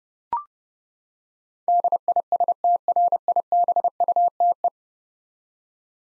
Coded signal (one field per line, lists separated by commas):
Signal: Morse code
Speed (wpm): 30 wpm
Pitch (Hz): 700 Hz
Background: none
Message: DISTRIBUTE